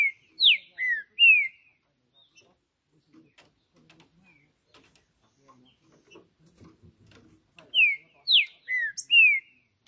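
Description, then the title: Green-winged saltator song: a phrase of four slurred whistles, a long quiet gap with faint sounds, then the same four-note whistled phrase repeated. Singing a lot on top of a roof, calling and showing dominance during a song contest. "Trinca Ferro CANTANDO MUITO de CARA em CIMA do TELHADO! Disputa INSANA!! TRINCA JUSTICEIRO & FBI"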